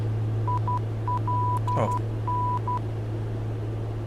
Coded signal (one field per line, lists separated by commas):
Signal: Morse code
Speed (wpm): 12 wpm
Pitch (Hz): 990 Hz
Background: none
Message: ILN